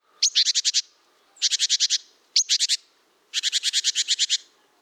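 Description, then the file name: Great tit uttering rapid buzzy chatters, two of the bursts opening with a sharp high note, each with harsh pulsed churring, four bursts in quick succession. "Parus major"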